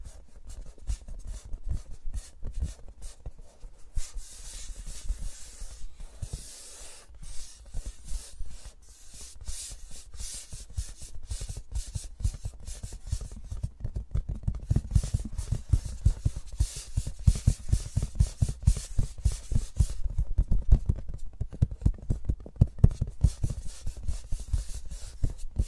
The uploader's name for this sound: ASMR with Mics Around My Fingers (No Talking)